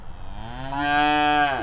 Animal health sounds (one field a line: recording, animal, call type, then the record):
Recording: contact call of a hoofed animal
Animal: cattle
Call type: low-frequency (closed-mouth) or high-frequency (open-mouth) call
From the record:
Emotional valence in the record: negative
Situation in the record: full separation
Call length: 1.63 s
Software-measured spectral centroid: 1630 Hz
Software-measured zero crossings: 1520 a second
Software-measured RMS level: -23 dBFS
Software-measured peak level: -9 dBFS